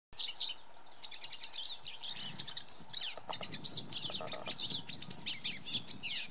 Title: Pine Siskin, Rockwood Lodge, MN, Feb. 8, 2023